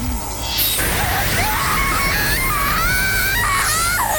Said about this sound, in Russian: Мне чрезвычайно больно слушать душераздирающие крики женщины. Если хочешь кричать, делай это поэлегантнее.